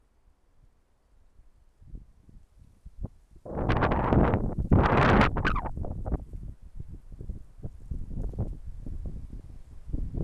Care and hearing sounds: everyday scene through a hearing-aid microphone; wind on the microphone; wind, traffic, birds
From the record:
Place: suburban garden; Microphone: behind the ear, left, rear

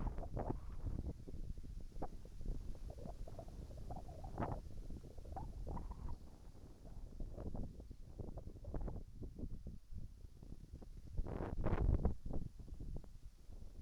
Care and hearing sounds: everyday scene through a hearing-aid microphone; wind on the microphone; wind, whistling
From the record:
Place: in front of a rural house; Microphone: behind the ear, right, rear

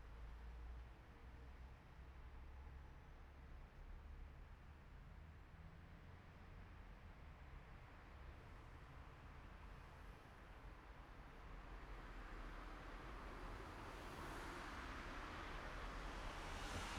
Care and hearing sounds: everyday scene through a hearing-aid microphone; in traffic; traffic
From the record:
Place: city secondary road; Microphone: behind the ear, right, front

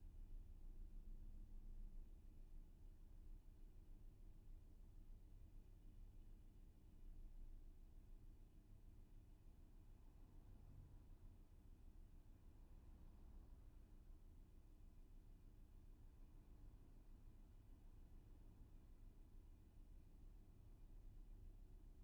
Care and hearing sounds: everyday scene through a hearing-aid microphone; in a vehicle; engine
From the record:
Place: VW T5 Caravelle, diesel engine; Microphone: behind the ear, left, rear

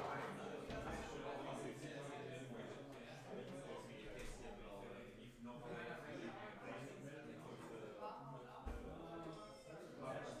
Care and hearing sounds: everyday scene through a hearing-aid microphone; many people talking; many voices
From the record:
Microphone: behind the ear, left, front

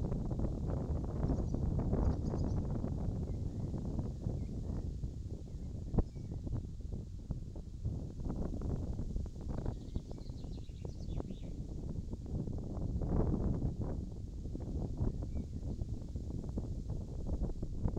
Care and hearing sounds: everyday scene through a hearing-aid microphone; wind on the microphone; wind, birds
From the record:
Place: in front of a rural house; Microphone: in the ear canal, left

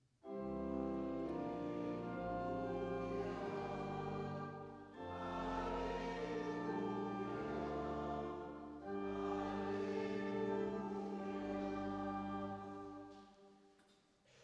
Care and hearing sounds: everyday scene through a hearing-aid microphone; reverberant space; music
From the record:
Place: church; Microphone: in the ear canal, right

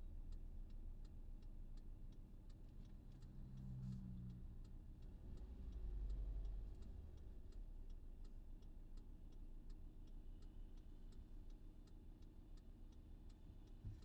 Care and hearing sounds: everyday scene through a hearing-aid microphone; in a vehicle; engine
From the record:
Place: VW T5 Caravelle, diesel engine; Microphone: in the ear canal, left

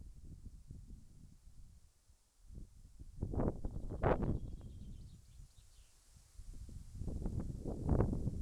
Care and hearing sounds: everyday scene through a hearing-aid microphone; wind on the microphone; wind, birds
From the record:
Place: in front of a rural house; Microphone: behind the ear, left, rear

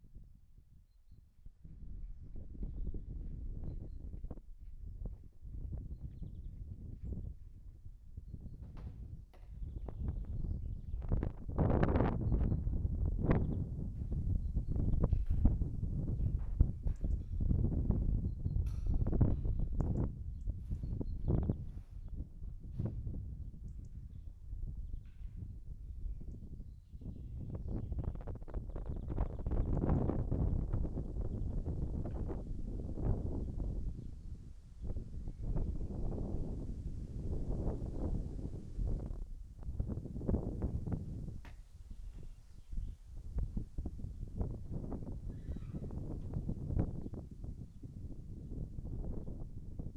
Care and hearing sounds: everyday scene through a hearing-aid microphone; wind on the microphone; wind, other noises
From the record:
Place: in front of a rural house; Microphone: behind the ear, right, rear

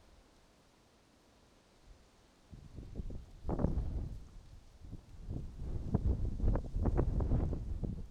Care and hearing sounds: everyday scene through a hearing-aid microphone; wind on the microphone; wind, traffic, birds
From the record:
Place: suburban garden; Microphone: in the ear canal, right

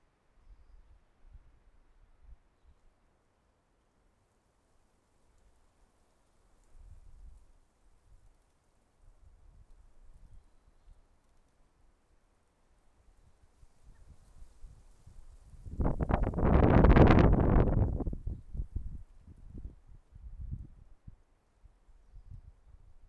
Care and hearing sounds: everyday scene through a hearing-aid microphone; wind on the microphone; wind, traffic, birds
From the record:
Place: suburban garden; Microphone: behind the ear, left, rear

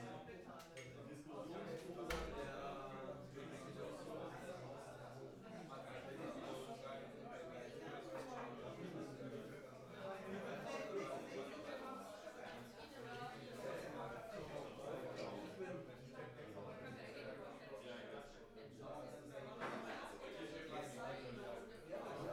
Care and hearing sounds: everyday scene through a hearing-aid microphone; many people talking; many voices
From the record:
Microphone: behind the ear, right, front

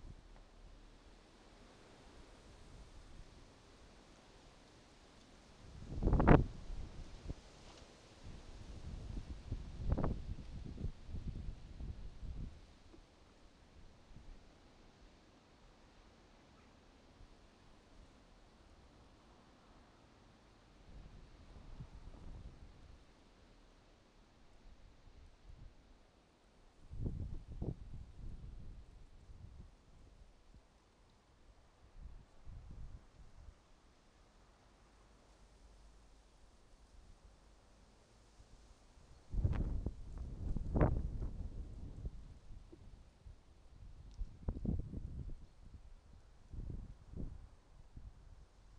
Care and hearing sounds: everyday scene through a hearing-aid microphone; wind on the microphone; wind, traffic, birds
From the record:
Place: suburban garden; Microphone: in the ear canal, right

